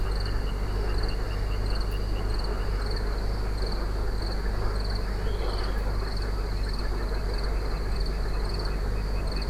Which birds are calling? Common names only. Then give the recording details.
Water Rail. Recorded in France